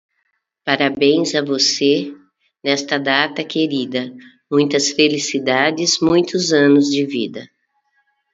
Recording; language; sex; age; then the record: short text; Brazilian Portuguese; female; 60 to 69 years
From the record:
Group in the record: control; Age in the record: 62 years